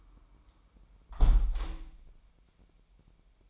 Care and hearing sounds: daily activity, microphone in the room; close window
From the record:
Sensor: 1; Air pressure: 998.6 hPa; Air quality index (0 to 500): 141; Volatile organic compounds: 4 ppm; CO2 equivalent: 1699 ppm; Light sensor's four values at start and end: 16/39/16/20 and 15/37/15/19

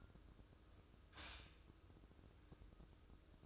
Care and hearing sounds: daily activity, microphone in the room; stop toaster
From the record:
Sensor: 2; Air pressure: 995.2 hPa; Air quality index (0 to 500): 59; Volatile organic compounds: 2 ppm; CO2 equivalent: 986 ppm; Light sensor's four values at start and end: 17/54/21/20 and 17/54/21/20

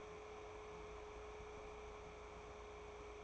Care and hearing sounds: daily activity, microphone in the room; take from stove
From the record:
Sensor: 1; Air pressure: 1010.3 hPa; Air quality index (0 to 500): 170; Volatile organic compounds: 12 ppm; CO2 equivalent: 2344 ppm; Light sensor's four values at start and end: 55/141/58/74 and 57/146/60/77

